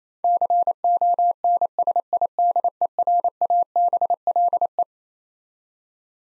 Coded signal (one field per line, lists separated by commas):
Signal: Morse code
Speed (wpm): 28 wpm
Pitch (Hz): 700 Hz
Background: none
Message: CONSIDERABLE